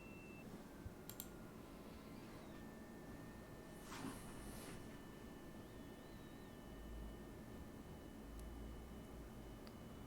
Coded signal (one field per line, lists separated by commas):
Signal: FT8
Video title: SunSDR2 in the FT8 mode